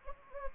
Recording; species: mosquito wingbeat signal from an infrared sensor; Anopheles gambiae